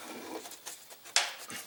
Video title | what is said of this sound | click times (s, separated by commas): Removing Protective Cover From Tractor PTO - Lubing Expandable Shaft Of PTO (Power Take Off) | Ah, I heard one snap. | 1.2 s